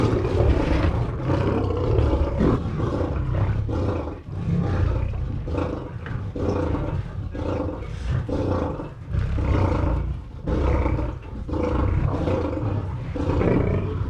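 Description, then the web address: Lions growling continuously, heavy low rumbles and rasping snarls, with brief dips between bursts. Multiple lions growling. "Skinny Dip Sound FX. multiple lions"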